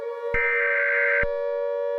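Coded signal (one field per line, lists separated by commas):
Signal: Emergency Alert System (SAME) tones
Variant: header bursts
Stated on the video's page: Fictional EAS scenario.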